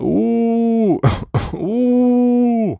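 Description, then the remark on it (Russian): A woman's voice, peering out of a wardrobe in a dark bedroom before dawn, lets out a long, creaky, drawn-out wailing howl, broken midway by two short harsh throat-clearing coughs, then resumes with another steady, sustained wail that trails off. “Ненавидя себя, она чуть высунулась наружу, тихо откашлялась и скрипуче провыла.”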